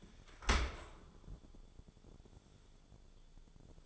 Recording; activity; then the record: daily activity, microphone in the room; open dishwasher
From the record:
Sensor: 5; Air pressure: 1015.1 hPa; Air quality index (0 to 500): 138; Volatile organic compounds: 3 ppm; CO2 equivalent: 1489 ppm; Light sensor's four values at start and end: 36/85/35/37 and 37/85/34/34